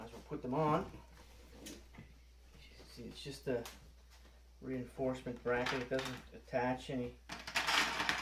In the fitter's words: snaps into place and